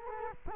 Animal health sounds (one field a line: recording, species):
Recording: mosquito wingbeat signal from an infrared sensor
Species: Culex quinquefasciatus